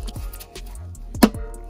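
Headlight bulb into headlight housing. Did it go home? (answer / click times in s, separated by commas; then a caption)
yes / 1.2 s. An HID headlight bulb fitted with a rubber o-ring is lined up with the grooves in a Lexus IS300 headlight housing and pushed in, with music playing in the background. A few faint taps and rustles lead up to one sharp, bright click at 1.2 s, the loudest sound in the clip. The bulb seats in the housing.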